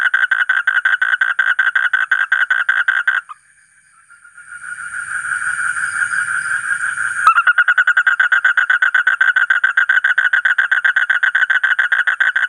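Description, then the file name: Asian common toad calling in rapid pulsed bursts, a steady buzzy trill repeated several times a second, broken midway by a pause and a sustained tone before resuming. "suara kodok bangkong kolong kodok buduk"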